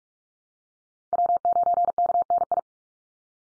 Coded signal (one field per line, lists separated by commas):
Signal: Morse code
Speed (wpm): 44 wpm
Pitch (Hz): 700 Hz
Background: none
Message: W9KNI